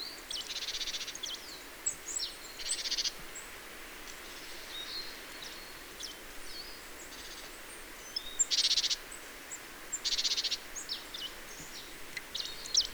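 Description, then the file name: Marsh tit calls: short bursts of harsh, buzzy, rapidly pulsed notes alternating with sharp high chips, given irregularly over a steady background hiss. "Poecile palustris"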